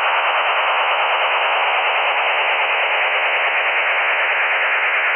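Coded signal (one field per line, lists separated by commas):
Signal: HF data modem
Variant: STANAG 4285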